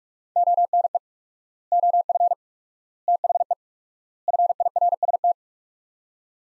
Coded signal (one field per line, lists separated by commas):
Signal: Morse code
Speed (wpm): 46 wpm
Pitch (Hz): 700 Hz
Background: none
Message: ONE OF THE FIRST